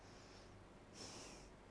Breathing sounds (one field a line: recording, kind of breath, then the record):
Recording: one breath in and out by a microphone near the nose and mouth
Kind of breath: normal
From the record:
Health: marked as sick, illness not named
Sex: female